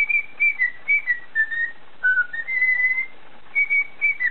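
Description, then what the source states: Cockatiel whistling a string of pure, fairly level notes in quick succession, some slurring slightly downward. Whistling (siulan) by a cockatiel.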